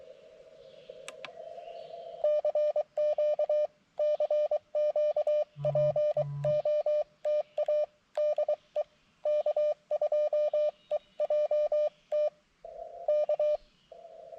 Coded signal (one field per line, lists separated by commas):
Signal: Morse code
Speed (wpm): 23 wpm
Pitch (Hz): 600 Hz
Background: none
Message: CQ CQ POTA DE K2EJT K